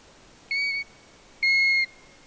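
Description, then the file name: European golden plover calls: two clear, plaintive whistled notes, each level then slightly falling, about a second apart, over quiet background hiss. "ljungpipare Pluvialis apricaria"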